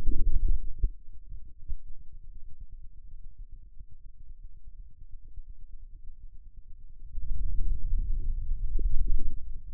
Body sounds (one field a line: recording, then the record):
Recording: forearm muscle sounds (acoustic myography)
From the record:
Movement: wrist flexion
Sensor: system 2, bracelet of six BSWA MPA416 microphones around the upper forearm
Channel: 6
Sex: male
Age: 22 years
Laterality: right